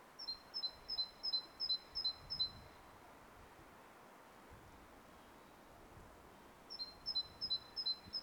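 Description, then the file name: Great tit song of bright, high paired notes, each pair a higher then lower note, about seven in a fast run, a long pause, then another run. "Parus major"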